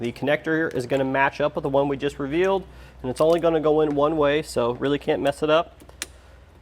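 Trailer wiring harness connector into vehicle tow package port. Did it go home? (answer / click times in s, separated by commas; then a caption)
yes / 6.0 s. Someone talks while the plug of a Curt T-Connector trailer wiring harness, which only fits one way, is pushed down into the tow package port connector on a 2022 Subaru Outback Wagon. A single sharp, fast-decaying click at 6.0 s marks the connector latching into place, seated.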